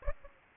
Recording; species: mosquito wingbeat signal from an infrared sensor; Aedes aegypti